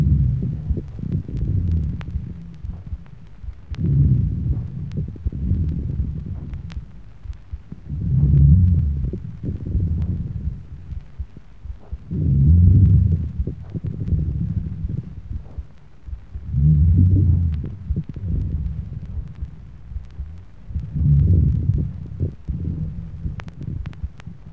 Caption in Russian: Звуковую картину в легких при тяжелом пневмосклерозе. Выслушиваются низкие гудящие сухие хрипы и немногочисленные влажные хрипы.